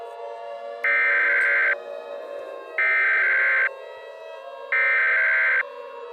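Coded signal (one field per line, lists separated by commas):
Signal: Emergency Alert System (SAME) tones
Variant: header bursts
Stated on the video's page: Emergency Alert System scenario, a fictional blizzard alert.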